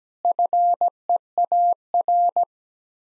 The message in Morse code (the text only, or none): FEAR